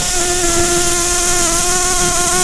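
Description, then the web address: Red-tailed bumblebee queen buzzing, a loud steady droning hum with even harmonic tones held without a break throughout. "Lapidarius queens"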